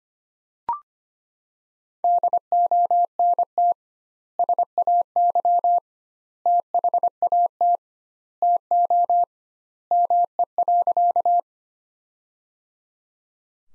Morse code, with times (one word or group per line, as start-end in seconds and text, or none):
2.0-3.7 DONT
4.4-5.8 SAY
6.5-7.8 THAT
8.4-9.2 TO
9.9-11.4 ME.